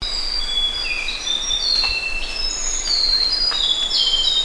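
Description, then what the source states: White-browed shortwing song: a rambling run of high, thin whistled notes, some flat and some sliding, in quick succession. 1 August 2009.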